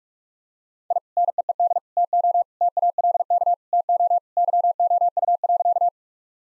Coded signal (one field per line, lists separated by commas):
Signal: Morse code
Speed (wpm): 46 wpm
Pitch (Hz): 700 Hz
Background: none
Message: I NEED TO TALK TO YOU.